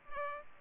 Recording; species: mosquito wingbeat signal from an infrared sensor; Culex pipiens